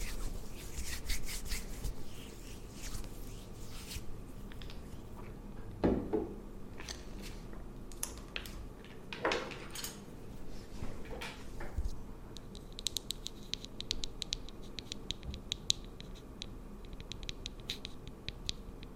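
Layered tingly sounds of skin and hair pampering: soft scratching and patting run throughout, with brighter crisp taps clustering around six and nine seconds. After about twelve seconds, quick light tapping and rustling flicker rapidly over a steady low hum.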